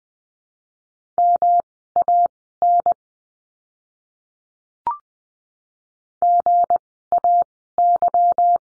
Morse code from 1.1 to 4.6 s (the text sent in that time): MAN